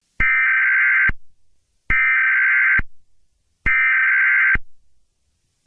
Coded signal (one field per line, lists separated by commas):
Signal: Emergency Alert System (SAME) tones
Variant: header bursts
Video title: Frosty the Snowman.exe | A Christmas EAS Scenario